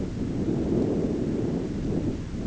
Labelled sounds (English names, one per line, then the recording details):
none
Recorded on Arctic tundra, site ZACK-1, on 15 June 2019
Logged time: 19:49